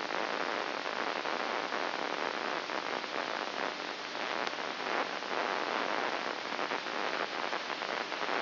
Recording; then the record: brain microelectrode recording played as sound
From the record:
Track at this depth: inside the subthalamic nucleus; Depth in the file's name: 4.402 mm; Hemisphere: right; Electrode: 2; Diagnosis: Parkinson's disease